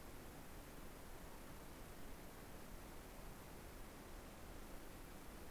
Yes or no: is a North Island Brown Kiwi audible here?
no